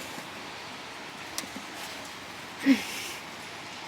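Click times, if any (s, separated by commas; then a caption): none. An electrical connector is handled at the fuel pump assembly of a Honda ACTY kei truck during fuel pump replacement, producing faint handling noises: a brief sharp tick at about 1.4 s, a softer one near 1.6 s and a louder rustling bump around 2.7 s over a low steady background. The connector has not seated or clicked yet.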